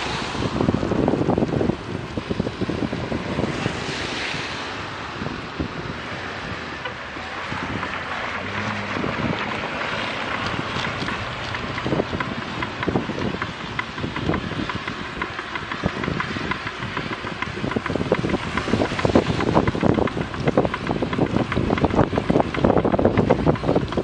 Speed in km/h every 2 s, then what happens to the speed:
20, 13, 8, 12, 16, 19, 22, 25, 27, 29, 30, 30.
0-3 brakes to 8. 5-14 speeds up to 25. 14-24 steady at about 29.